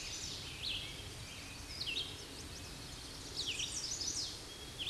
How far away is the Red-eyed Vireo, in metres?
about 40 m